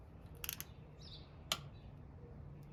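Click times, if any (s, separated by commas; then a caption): 1.5 s. A torque wrench set to about 10 ft-lb tightens a camshaft cover bolt into the aluminium cylinder head of a motorcycle engine, with a few light ticks around 0.4–0.6 s. The wrench gives a sharp click at its setting at 1.5 s, where earlier tries had not clicked. The bolt hole later turns out to be stripped.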